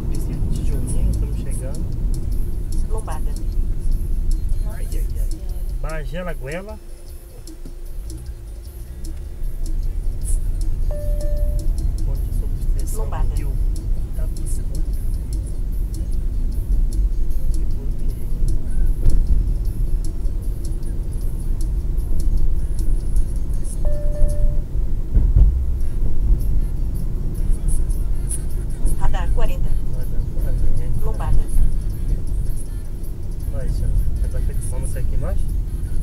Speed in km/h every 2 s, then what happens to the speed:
44, 27, 7, 6, 19, 28, 33, 36, 38, 40, 44, 46, 46, 46, 44, 42, 40, 38.
0-5 brakes to 6. 6-20 speeds up to 44. 20-26 steady at about 46. 26-36 slows to 38.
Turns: none.